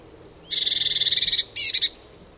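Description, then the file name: Eurasian blue tit churr: a faint thin whistle, then about a second of evenly pulsed buzzy chatter ending in a short harsher burst. "Cyanistes caeruleus"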